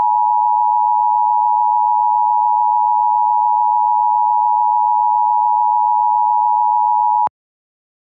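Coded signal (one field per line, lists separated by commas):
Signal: Emergency Alert System (SAME) tones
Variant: 853 and 960 Hz attention tone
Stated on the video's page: Mock EAS alert based on an actual tornado warning.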